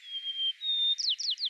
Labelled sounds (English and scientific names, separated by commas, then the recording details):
White-crowned Sparrow (Zonotrichia leucophrys) song
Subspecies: nuttalli
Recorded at Inspiration Point, California, in 2014
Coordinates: 37.792, -122.456
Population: north
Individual INPT_YS-OR_14